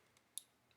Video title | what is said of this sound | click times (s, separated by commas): O SCALE - Cheap and Easy Tether Fix with Molex Adapter - K-Line TMCC K4! | there it is there's the click and you can't screw up your polarity | 0.4 s